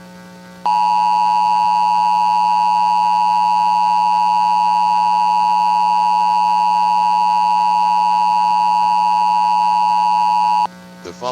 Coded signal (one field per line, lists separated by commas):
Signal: Emergency Alert System (SAME) tones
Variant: 853 and 960 Hz attention tone